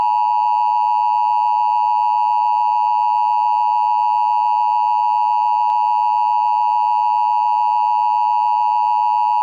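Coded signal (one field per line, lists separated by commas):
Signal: Emergency Alert System (SAME) tones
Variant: 853 and 960 Hz attention tone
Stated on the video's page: Joke EAS movie, not real; made with Audacity and text-to-speech voices.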